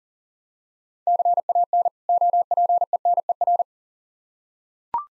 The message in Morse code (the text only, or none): CAN OPENER